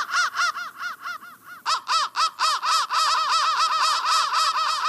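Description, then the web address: Crow caws, a fast run of arched, harmonic-rich notes at about four per second, softer at first, then louder and nearly continuous after a brief break. "soundfactory crow 1"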